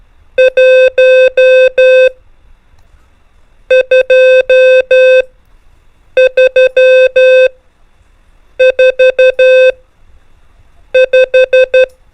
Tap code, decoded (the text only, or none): none